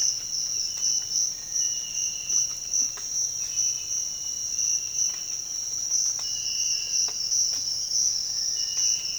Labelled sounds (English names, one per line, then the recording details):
Cinereous Tinamou
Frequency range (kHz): Cinereous Tinamou 1.4-2.0 kHz
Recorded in dense forest near Puerto Asís, Putumayo, Colombia, on 13 March 2025 at 06:30
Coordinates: 0.481, -76.323
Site G088